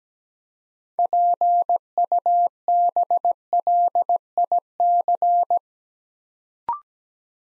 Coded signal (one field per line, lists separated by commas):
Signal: Morse code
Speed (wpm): 17 wpm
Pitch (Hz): 700 Hz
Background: none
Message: PUBLIC